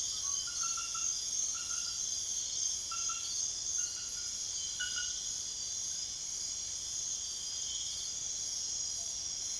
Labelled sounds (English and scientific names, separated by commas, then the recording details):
none
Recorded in secondary vegetation near Puerto Asís, Putumayo, Colombia, on 22 June 2025 at 23:00
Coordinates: 0.500, -76.326
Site GP08